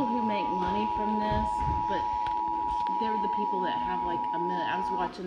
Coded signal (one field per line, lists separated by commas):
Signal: Emergency Alert System (SAME) tones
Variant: 853 and 960 Hz attention tone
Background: speech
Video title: EAS #284 Severe Thunderstorm Warning